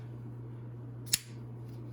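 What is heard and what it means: The button on a 1992 custom automatic pocket knife with Micarta handles, numbered 10 of 12, is pressed, and the large but very light blade springs out of its handle. A single sharp click at 1.1 s marks the blade locking open, over a steady low hum. The blade is seated and locked.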